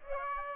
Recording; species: mosquito wingbeat signal from an infrared sensor; Aedes aegypti